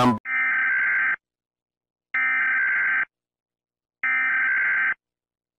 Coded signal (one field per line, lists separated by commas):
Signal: Emergency Alert System (SAME) tones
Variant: header bursts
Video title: Eas alarm animated MIXED series 1,2,3 (33 episodes)